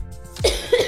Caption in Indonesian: Batuk.